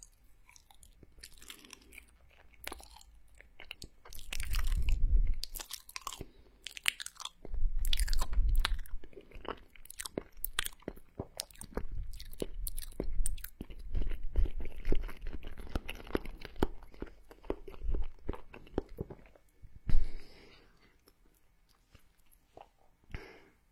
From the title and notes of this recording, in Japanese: 口腔音｜跳跳糖、泡泡糖、香蕉、汽水儿、薯片。